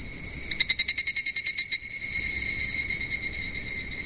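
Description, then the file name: Evening cicada call: a quick run of about a dozen loud, pulsed notes lasting just over a second, over a steady, high, ringing insect drone. "higurashi"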